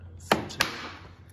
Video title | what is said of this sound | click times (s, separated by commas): Converting Thule Criterium 598 Bike Racks To Fit Wingbar Evo Crossbar Bars with XADAPT8 | locked into place highly recommend to get the lock | 0.3 s, 0.6 s